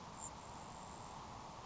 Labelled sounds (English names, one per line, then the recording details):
Grasshopper Sparrow
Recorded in Sonoma County, California